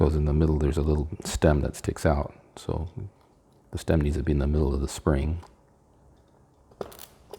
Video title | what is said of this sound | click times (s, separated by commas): Commodore C128 Restoration - Full Process Start to Finish Chapter Coded | and you can kind of hear it click so | 6.8 s